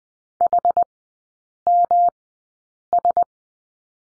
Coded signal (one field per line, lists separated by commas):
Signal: Morse code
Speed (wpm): 20 wpm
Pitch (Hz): 700 Hz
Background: none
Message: HMS